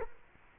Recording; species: mosquito wingbeat signal from an infrared sensor; Culex quinquefasciatus